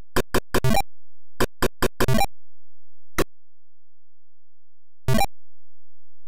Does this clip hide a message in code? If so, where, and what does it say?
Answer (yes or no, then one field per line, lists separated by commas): no